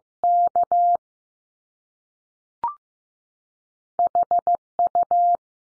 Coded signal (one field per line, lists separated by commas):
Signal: Morse code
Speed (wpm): 15 wpm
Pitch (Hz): 700 Hz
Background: none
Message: K H U